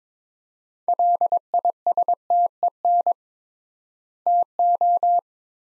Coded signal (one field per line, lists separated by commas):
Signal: Morse code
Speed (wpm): 22 wpm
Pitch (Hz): 700 Hz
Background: none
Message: LISTEN TO